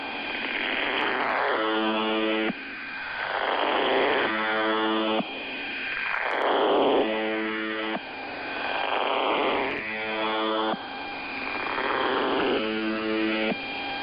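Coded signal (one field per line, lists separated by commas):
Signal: channel marker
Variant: UVB-76 (The Buzzer)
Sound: five short, harsh, low buzzes repeating about every 2.7 seconds, with hissing static between them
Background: radio static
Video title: [Old Recording] The Buzzer/UVB-76 Weird Sound Transmission 01/07/2023 16:11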